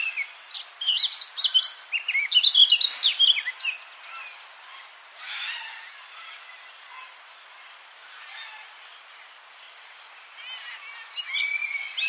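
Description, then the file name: Eurasian blackcap song, a fast scratchy warble for about four seconds, then quiet background with faint notes and a short warbled phrase near the end. "Sylvia atricapilla"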